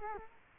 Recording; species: mosquito wingbeat signal from an infrared sensor; Culex quinquefasciatus